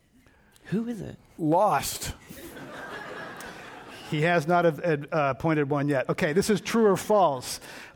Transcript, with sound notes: Who is it?
Lost.
[Laughter]
He has not appointed one yet. Okay, this is true or false.